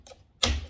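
On a 1993 Cobra, a tool set on the rear retaining clip of the rear window trim in the car body is twisted sideways, and the clip pops loose. A faint tick at 0.1 s is followed by a sharp, loud pop at 0.4 s that fades over the next quarter second. The clip is released.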